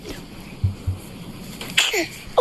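A single short, sharp burst of air with a brief squeaky tail, followed by small high-pitched infant vocal sounds over faint room noise. It is a newborn baby boy's sneeze, a normal reflex that clears the nose.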